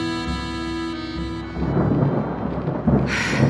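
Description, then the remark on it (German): A steady electrical hum gives way to a heavy rainstorm, with deep rolling thunder swelling loudly and a sharp burst of rain hiss and crackle near the end. “Pankratius, Regen und Sturm.”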